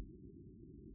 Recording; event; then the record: neck accelerometer signal played as sound; no cough (speech, laughter, throat clearing or background)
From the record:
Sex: female